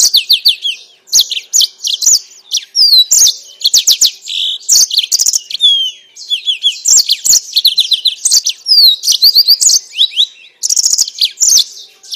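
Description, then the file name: Yellow-fronted canary singing steadily, a busy high stream of chirps, rolling trills and clear slurred whistles. Mozambique singer used as a bird-keepers' training recording for captive birds. "mozambik omkicau"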